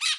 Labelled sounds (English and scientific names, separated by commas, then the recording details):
Brown-throated Parakeet (Eupsittula pertinax) contact call
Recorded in Bonaire
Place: 1 km E of roosting area just N of Seru Largu
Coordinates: 12.199, -68.268